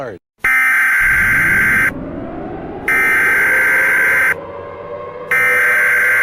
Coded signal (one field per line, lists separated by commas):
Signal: Emergency Alert System (SAME) tones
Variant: header bursts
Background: speech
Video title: EAS Scenario - 48 hours until impact